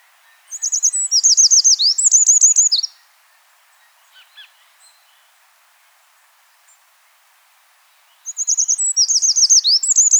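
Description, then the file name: Eurasian wren singing two bursts of very high, rapid warbling and trilled notes, with quiet soft notes in the long pause between them. "Troglodytes troglodytes"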